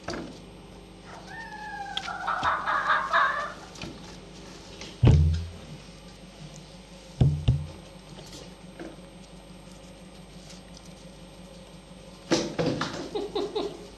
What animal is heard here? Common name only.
Red Fox